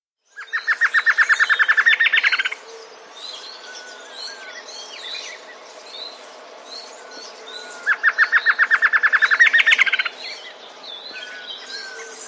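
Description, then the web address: Chapman's Antshrike call: two fast rattling series of sharp notes, about two seconds each and about five seconds apart, amid many other birds chirping and whistling in the background. South America. "Natures Songs S America Chapman's Antshrike"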